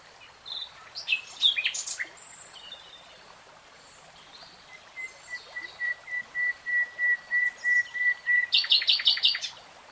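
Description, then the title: Nightingale song: scattered sharp phrases, then a long pure whistle repeated in evenly spaced pulses, finishing with a burst of rapid rattling notes. Nightingale singing; 3-hour real-time recording. "[Tiếng chim hót] 3 Hours REALTIME Nightingale Singing"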